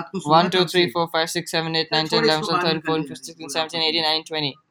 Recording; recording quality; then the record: counting at a fast pace; excellent, no background noise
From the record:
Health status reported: healthy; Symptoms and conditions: cough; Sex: male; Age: 18 years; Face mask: not worn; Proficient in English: yes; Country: India